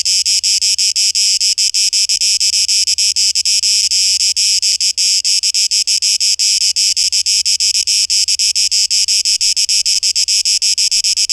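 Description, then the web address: Cicadas buzzing: a steady, harsh, high-pitched drone with fine flickering breaks, unbroken for the whole stretch. 12 August 2023; tape echo mix. "rauschpartikel Audio 2023-08-12 Zikaden"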